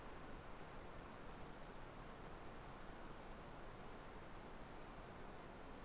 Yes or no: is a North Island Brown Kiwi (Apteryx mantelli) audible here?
no